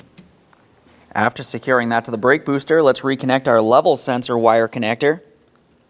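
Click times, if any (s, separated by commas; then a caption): none. Someone talks while handling the plastic brake fluid level sensor wire connector, about to reconnect it into the master cylinder reservoir sensor on a 2003-2007 Cadillac CTS, with the master cylinder already secured to the brake booster. Only faint brief ticks sit around the talking, near 0.2 s, 0.5 s and 5.6 s. The connector has not clicked or seated yet.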